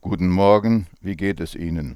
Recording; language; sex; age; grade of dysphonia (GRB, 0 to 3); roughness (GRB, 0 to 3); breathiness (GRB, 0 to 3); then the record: spoken sentence; German; male; 50 to 59 years; 1; 1; 0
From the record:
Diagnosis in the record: Reinke's edema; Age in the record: 58 years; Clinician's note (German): Rechts, Zustand nach Abtragung, sehr unregelmäßige Konfiguration, alte Rec.par. links